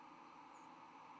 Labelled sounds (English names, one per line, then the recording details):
White-throated Sparrow flight call
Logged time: 05:21 on 10 November 2014